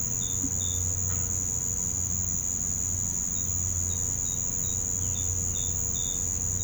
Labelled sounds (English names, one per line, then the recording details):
none
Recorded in pastures near Puerto Asís, Putumayo, Colombia, on 21 December 2024 at 06:00
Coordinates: 0.505, -76.324
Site G063